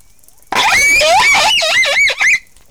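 Whale call: a loud, rich tonal squeal with many overtones, wavering up and down in pitch for about two seconds, then breaking into a short final note.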